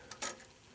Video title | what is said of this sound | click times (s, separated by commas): INDUSTRIAL SEWING MACHINE SINGER 78-1 | like this with the thread on the left side of that. And she will click right in. | 0.1 s